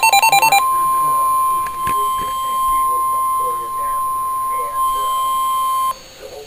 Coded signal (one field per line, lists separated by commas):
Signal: Emergency Alert System (SAME) tones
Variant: 1050 Hz attention tone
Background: speech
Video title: NOAA - Real EAS #214 - 216